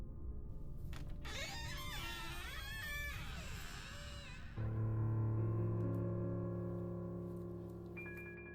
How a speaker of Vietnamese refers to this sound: Tiếng bàn lề vang lên kéo kẹt, cánh cửa được Mạnh mở ra